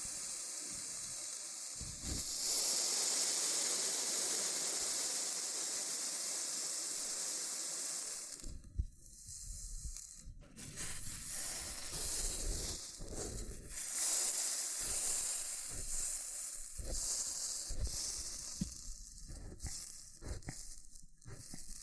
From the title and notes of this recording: ASMR Oddly Satisfying Loofah Triggers with Intense Peeling & Popping Sounds (No Talking).